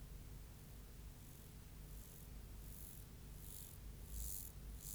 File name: Myrmeleotettix maculatus